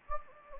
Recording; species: mosquito wingbeat signal from an infrared sensor; Anopheles gambiae